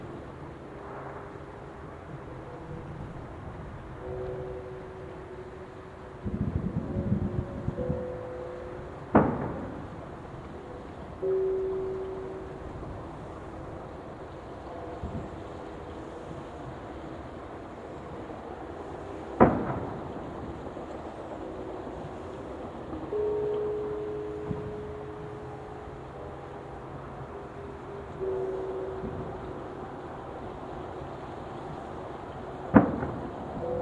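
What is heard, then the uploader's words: New Year's Eve at midnight in a field in Japan, with a low steady rumble of traffic and trains underneath. Sharp cracks of fireworks and firecrackers pop out at intervals, around 9, 19 and 33 seconds, and a few sustained tones drift through. New Year 2018 Temple Bells and Fireworks. New Year's eve recording in a field in Japan. We can hear temple bells, traffic, trains, and other sounds. At midnight nearby fireworks and a neighbor's firecracker announce the new year. Recorded with an Audio-Technica BP4025 stereo microphone and a Tascam DR-70D recorder mounted on a tripod.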